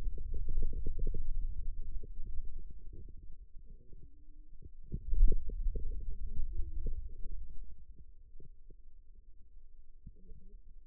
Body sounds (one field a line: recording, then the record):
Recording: forearm muscle sounds (acoustic myography)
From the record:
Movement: hand closing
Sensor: system 2, bracelet of six BSWA MPA416 microphones around the upper forearm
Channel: 3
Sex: male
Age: 22 years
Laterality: right